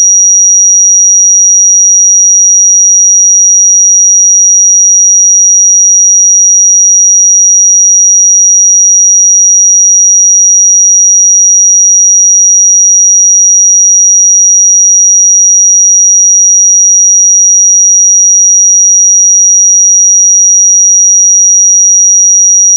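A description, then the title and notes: A pure sine tone at 5754 Hz holds perfectly steady for the whole clip, a single thin, high, piercing pitch with no wavering. Its loudness stays constant from start to finish, and nothing else sounds around it. 5754 Hz 1 Hz Interval Sine Pure Tone Frequency 441000 Sample Mono.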